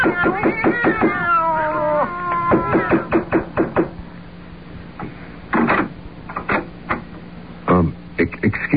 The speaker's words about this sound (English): Do you have cats in there? No. Cats? Didn't you hear them? No. You didn't hear the sound of cats just now? No, I didn't.